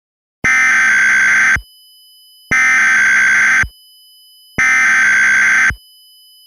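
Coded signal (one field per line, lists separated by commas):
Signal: Emergency Alert System (SAME) tones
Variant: header bursts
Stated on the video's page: Mock EAS alert, imagined rather than real.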